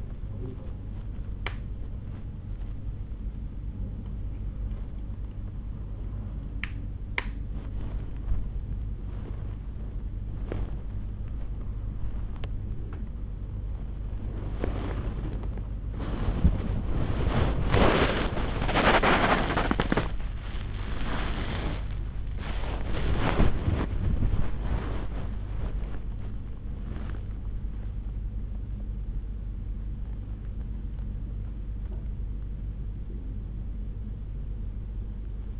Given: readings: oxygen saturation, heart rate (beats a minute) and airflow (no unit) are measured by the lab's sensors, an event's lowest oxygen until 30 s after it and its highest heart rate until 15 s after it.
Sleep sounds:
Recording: a person awake in a sleep study, by a smartphone at the bedside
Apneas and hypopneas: none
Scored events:
29.00-35.60 s: awake
From the record:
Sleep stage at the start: awake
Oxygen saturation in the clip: 95 to 97%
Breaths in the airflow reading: 11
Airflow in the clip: -6.4 to 6.2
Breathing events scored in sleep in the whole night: 368 in 8.0 hours asleep

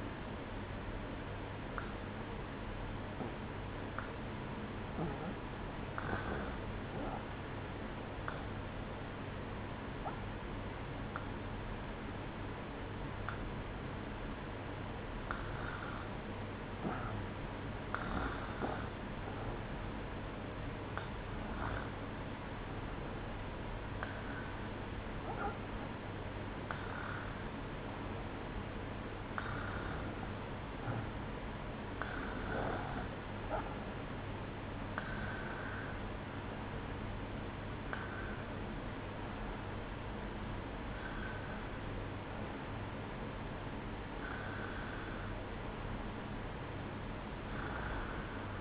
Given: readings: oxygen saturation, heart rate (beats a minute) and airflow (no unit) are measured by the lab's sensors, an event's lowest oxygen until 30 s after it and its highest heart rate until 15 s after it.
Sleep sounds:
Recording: breathing in sleep by a voice recorder at the bedside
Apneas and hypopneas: none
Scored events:
none scored
From the record:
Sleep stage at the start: REM sleep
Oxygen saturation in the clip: 91 to 94%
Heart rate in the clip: 63 to 69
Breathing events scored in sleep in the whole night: 305 in 9.6 hours asleep

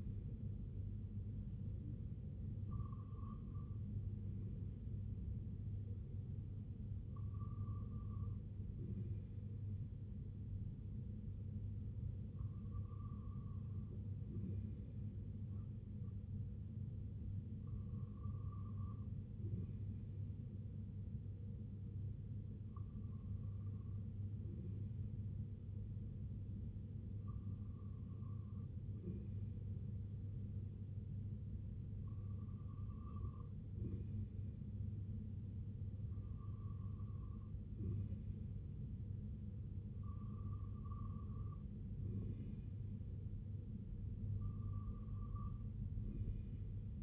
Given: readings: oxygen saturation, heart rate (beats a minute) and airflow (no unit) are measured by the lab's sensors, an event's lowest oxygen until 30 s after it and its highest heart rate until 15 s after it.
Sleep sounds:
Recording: breathing in sleep by a smartphone at the bedside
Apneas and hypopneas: 1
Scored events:
18.00-39.30 s: hypopnea (REM, oxygen 98% highest, then 95% lowest, heart rate 66 at the start, 77 highest)
From the record:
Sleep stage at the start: REM sleep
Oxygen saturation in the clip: 97 to 98%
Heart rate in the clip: 60 to 69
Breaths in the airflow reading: 10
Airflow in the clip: -5.7 to 3.0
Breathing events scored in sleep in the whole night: 258 in 7.4 hours asleep

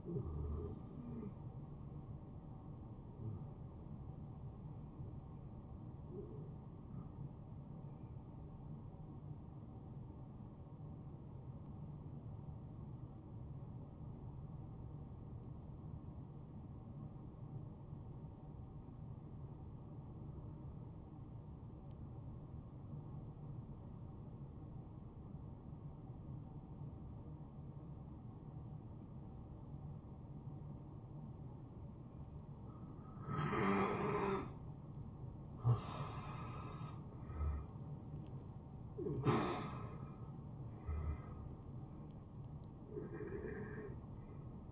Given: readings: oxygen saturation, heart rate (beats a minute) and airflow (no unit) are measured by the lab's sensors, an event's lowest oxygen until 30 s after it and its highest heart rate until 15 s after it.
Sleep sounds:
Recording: breathing in sleep by a smartphone at the bedside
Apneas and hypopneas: 1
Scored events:
5.00-33.70 s: hypopnea (N2, oxygen 96% highest, then 93% lowest, heart rate 70 at the start, 70 highest)
30.00-44.72 s: new sleep stage, N1 (lightest sleep)
From the record:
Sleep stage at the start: N2 (light sleep)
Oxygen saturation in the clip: 89 to 96%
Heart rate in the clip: 62 to 74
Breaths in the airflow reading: 5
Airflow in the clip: -13.3 to 6.8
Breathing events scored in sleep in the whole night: 263 in 5.5 hours asleep

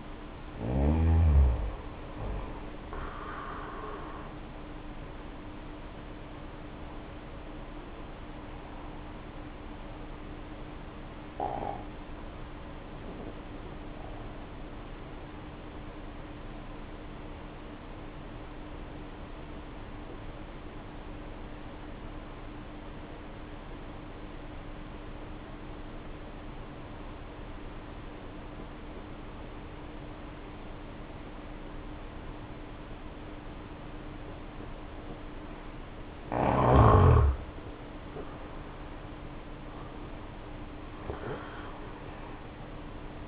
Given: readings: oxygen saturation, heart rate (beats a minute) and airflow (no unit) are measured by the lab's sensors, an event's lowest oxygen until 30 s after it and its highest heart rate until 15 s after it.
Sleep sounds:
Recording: breathing in sleep by a voice recorder at the bedside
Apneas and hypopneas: 1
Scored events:
15.00-36.40 s: obstructive apnea (N1, oxygen 95% highest, then 76% lowest, heart rate 54 at the start, 77 highest)
From the record:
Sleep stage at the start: N1 (lightest sleep)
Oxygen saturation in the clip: 81 to 95%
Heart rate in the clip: 52 to 77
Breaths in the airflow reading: 4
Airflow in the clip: -6.0 to 9.0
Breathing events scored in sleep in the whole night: 520 in 7.2 hours asleep

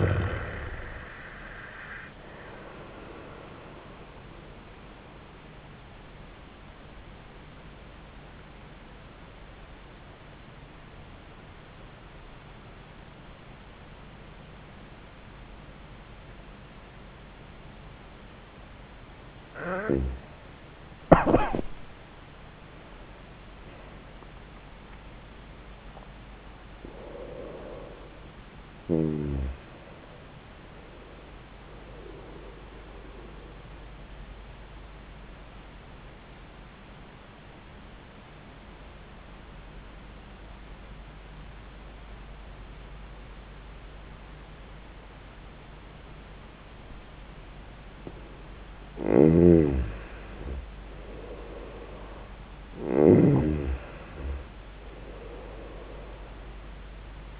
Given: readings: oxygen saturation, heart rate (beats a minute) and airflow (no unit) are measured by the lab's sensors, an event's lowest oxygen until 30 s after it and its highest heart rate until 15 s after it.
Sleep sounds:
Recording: breathing in sleep by a voice recorder at the bedside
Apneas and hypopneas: 2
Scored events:
9.00-22.70 s: hypopnea (N1, oxygen 94% highest, then 92% lowest, heart rate 87 at the start, 99 highest)
35.00-49.60 s: obstructive apnea (N1, oxygen 95% highest, then 87% lowest, heart rate 79 at the start, 93 highest)
From the record:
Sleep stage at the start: N1 (lightest sleep)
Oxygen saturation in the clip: 85 to 96%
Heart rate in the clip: 78 to 99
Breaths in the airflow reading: 7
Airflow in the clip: -20.5 to 24.7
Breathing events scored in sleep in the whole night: 400 in 8.7 hours asleep

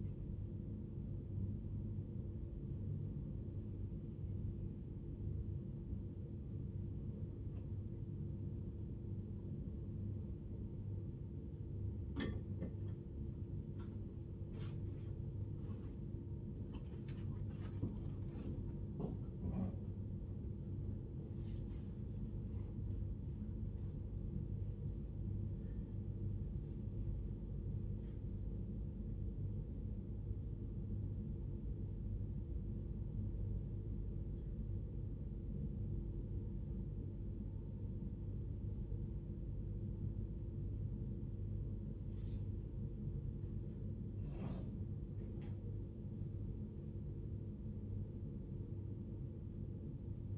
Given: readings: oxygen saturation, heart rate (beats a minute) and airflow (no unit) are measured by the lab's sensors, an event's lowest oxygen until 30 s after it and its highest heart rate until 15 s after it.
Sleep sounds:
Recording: a person awake in a sleep study, by a smartphone at the bedside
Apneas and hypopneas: none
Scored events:
0.00-50.38 s: awake
From the record:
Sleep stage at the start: awake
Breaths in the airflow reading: 20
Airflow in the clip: -0.6 to 0.7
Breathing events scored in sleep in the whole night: 101 in 7.3 hours asleep

